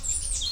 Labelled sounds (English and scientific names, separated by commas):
Stitchbird (Notiomystis cincta) song